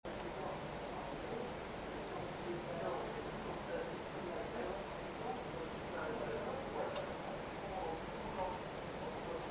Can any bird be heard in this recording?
yes